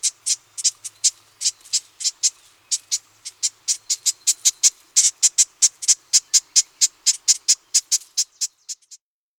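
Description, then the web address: Marsh wren song: a long, rapid series of sharp, high ticking notes. Recorded at Las Gallinas. "Las Gallinas source Marsh. Wren"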